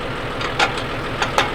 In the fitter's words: slides in and locks in place right there with that lock